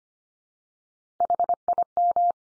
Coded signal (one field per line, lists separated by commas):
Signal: Morse code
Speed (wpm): 25 wpm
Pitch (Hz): 700 Hz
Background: none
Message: HIM